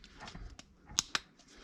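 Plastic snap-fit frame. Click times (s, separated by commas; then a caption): 1.0 s. Two halves of a plastic mating-nuc frame, flipped to the correct orientation with the groove lined up, are pressed together after some faint handling noise. They snap into place with a sharp, bright click at 1.0 s, followed by a second sharp click at 1.2 s. The frame halves are seated.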